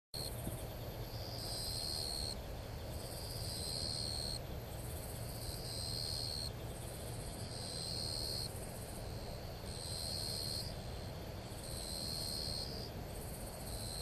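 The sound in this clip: Madara-suzu cricket calling in short high-pitched buzzing bursts that repeat about every two seconds, over a steady broad background noise.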